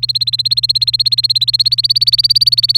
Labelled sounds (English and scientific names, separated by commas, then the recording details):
Domestic Canary (Serinus canaria) song
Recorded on 28 April 2018 at 05:46
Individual llb3